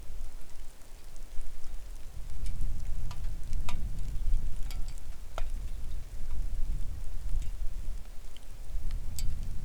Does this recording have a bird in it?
yes